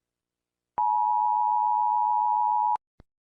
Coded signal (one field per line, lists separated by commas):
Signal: Emergency Alert System (SAME) tones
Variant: 853 and 960 Hz attention tone